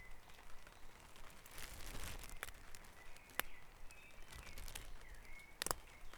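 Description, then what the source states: Birds singing in a dawn chorus: thin whistled notes and short slurs, soft and scattered, over steady low rumble and sharp clicking sounds. Dawn chorus recorded at Back Dragon Avenue, Harrogate, as part of a sound map of Harrogate.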